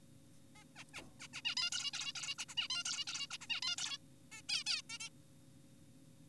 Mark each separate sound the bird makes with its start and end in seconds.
0.56-0.64, 0.76-0.84, 0.94-1.02, 1.20-1.28, 1.34-1.42, 1.45-1.55, 1.57-1.70, 1.72-1.91, 1.94-2.13, 2.16-2.35, 2.38-2.45, 2.49-2.55, 2.57-2.68, 2.70-2.84, 2.86-3.05, 3.08-3.27, 3.31-3.38, 3.41-3.47, 3.50-3.61, 3.62-3.76, 3.78-3.98, 4.32-4.42, 4.49-4.64, 4.66-4.82, 4.90-4.98, 5.00-5.10